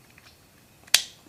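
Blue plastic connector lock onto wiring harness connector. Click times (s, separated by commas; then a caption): 0.9 s. A small blue plastic connector lock is pushed back onto a wiring harness connector during a factory PCM stand-alone transmission controller installation. A few faint taps come before a single sharp, bright click at 0.9 s, then a last faint tap near the end. The lock clicks on and is seated.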